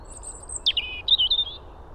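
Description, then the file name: European robin song: a long, very high thin whistle followed by lower, tumbling, warbled notes and a short rippling flourish. "Erithacus rubecula"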